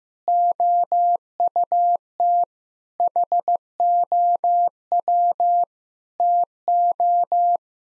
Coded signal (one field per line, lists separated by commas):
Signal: Morse code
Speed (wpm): 16 wpm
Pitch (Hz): 700 Hz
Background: none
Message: OUT HOW TO